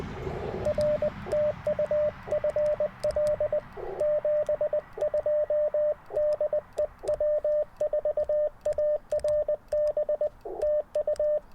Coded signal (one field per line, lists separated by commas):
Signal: Morse code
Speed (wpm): 20 wpm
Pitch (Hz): 600 Hz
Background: radio noise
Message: R TU FL 72 DE W4ARB TU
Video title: New Way I Pack POTA Gear for Activations - 12/16/23 @ K-4451